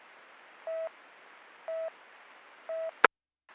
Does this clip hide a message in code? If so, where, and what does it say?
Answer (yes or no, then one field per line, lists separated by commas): no